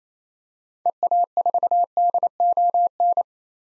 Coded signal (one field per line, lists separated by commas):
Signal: Morse code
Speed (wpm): 27 wpm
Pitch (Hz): 700 Hz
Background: none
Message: EA4DON